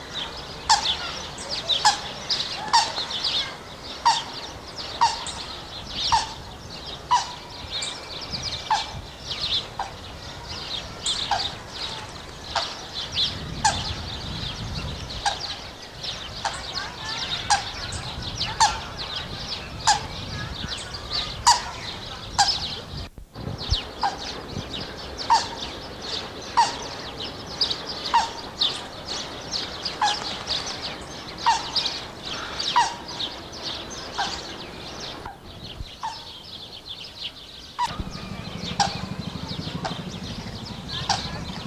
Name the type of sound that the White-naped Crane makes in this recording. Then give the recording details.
call. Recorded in captivity. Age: adult. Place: Zoo Berlin, Berlin, DE. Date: 1986-04-16 11:30. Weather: sonnig, 12°C. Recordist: Tembrock, Günter. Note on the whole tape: Einzellaute